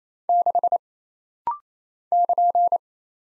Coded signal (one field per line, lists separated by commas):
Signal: Morse code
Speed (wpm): 27 wpm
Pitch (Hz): 700 Hz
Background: none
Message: 6 <KN>